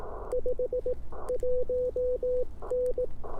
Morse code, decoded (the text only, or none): 51N